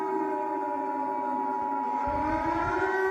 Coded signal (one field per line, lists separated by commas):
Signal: Emergency Alert System (SAME) tones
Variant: 853 and 960 Hz attention tone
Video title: CHRISTIANFanons in Simple Celebrities Episode #2: EAS Scenario- The Global Wildfire (YouTube Upload)